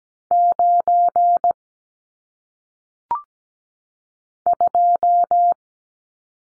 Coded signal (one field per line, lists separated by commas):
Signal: Morse code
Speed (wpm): 17 wpm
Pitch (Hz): 700 Hz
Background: none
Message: 9 2